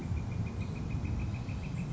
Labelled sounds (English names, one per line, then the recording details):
Northern Flicker
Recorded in Sonoma County, California